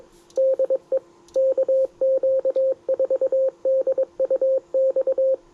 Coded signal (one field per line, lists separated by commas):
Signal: Morse code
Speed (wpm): 22 wpm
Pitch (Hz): 530 Hz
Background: radio noise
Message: DE KQ4DUX